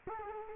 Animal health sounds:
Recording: mosquito wingbeat signal from an infrared sensor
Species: Culex quinquefasciatus

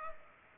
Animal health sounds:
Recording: mosquito wingbeat signal from an infrared sensor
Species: Culex pipiens

